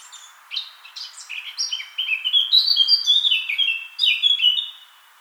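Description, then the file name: Eurasian blackcap song, a hurried twittering start building into a strong sequence of clear fluting whistles, then trailing off softly. "Sylvia atricapilla"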